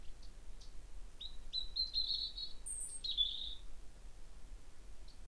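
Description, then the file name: European robin song: a run of high, thin whistles and trills over a few seconds, preceded by faint ticking notes. "Erithacus rubecula"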